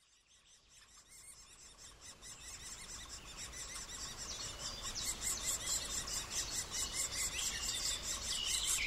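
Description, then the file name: Middle spotted woodpecker calling with high, squeaky repeated notes that build from faint to loud in a quick rhythm, two or three per second. Daytime recording. "walter tilgner-tag mittelspecht"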